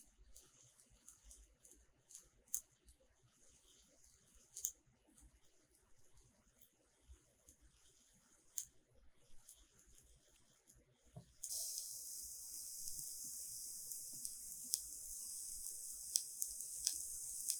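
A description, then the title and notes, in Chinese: Quiet ear-spa sounds: soft scattered clicks and light taps near the ear for the first eleven seconds, with long hushed gaps between them. At about eleven and a half seconds a steady, bright, fizzing crackle begins and continues densely to the end, still broken by occasional clicks. 耳燭 | Relaxing Ear Spa | NoTalking。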